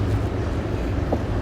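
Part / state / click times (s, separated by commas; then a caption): air line tube into push-to-connect fitting on brake actuator / seated / 1.1 s. A plastic air brake line is pushed into a push-to-connect fitting on the brake actuator of a Demco Air Force One flat tow brake system for RVs with air brakes, being mounted on a 2021 Jeep Gladiator. Over a steady low rumble, a short, sharp click sounds at 1.1 seconds as the line seats in the fitting, and the line is then tugged to check that it is held.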